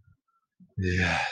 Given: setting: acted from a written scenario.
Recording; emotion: vocal sound without words; serenity